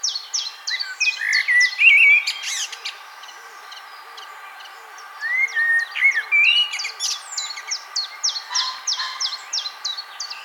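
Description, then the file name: Common blackbird song in two bursts: low fluty whistles mixed with rapid high twittering notes, a quiet pause in the middle, then more whistles and chattering squeaks. "Turdus merula"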